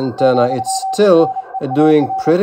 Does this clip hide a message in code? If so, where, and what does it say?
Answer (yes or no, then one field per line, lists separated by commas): yes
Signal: Morse code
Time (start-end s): 0.2-2.3 s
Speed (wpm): 28 wpm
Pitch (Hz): 780 Hz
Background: speech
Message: , NEAR